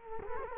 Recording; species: mosquito wingbeat signal from an infrared sensor; Culex quinquefasciatus